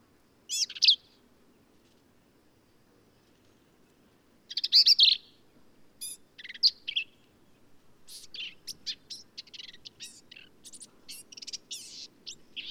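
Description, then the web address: Black-capped vireo song, short harsh chattering phrases high in pitch, one near the start and another after four seconds, then a quick burst of varied notes toward the end. "birdsongforthecurious Black-capped Vireo"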